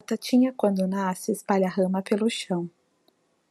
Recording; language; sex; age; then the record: short text; Brazilian Portuguese; female; 30 to 39 years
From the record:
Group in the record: control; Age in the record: 33 years